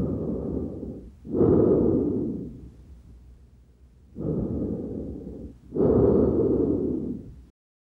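Loud, harsh, hollow breath sounds in both inspiration and expiration at about 14 breaths a minute, heard over the trachea and interscapular area: normal tracheal breath sounds.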